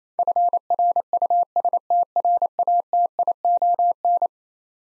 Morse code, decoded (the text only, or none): FRUSTRATION